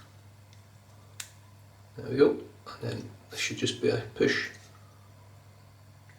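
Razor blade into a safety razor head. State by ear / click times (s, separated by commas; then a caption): not seated / none. An off-spec razor blade is pushed into the head of a Schick Proline P30 safety razor to lock it in. A sharp tick sounds near 1.2 s, and then someone talks from about 2.0 to 4.6 s. Nothing has seated or clicked: the blade fails to seat and pops out.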